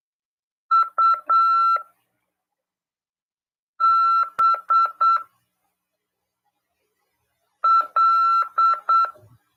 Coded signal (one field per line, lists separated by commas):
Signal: Morse code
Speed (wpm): 8 wpm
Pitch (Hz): 1340 Hz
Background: none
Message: U B L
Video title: RADIOAMADOR 14/11/2022 "AULA 31: CW, LEGISLAÇÃO e C.RODADA" FM 146.410 Mhz. PY2EXU PAULO CRASP/RAF.